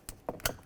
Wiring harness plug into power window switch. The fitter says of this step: listen for our click give it a tug to make sure it's secured